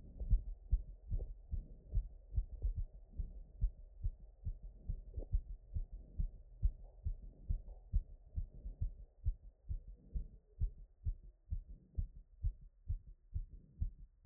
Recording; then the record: heart sounds by stethoscope after running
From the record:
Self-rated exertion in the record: moderate exertion (3 of 6); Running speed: 7 mph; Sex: female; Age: 28 years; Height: 155 cm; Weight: 44 kg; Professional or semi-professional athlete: no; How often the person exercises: 3 to 5 times a week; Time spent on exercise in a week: over 5 hours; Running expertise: yes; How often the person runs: 3 to 5 times a week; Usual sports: running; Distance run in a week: 45 km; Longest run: 32 km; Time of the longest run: 200 minutes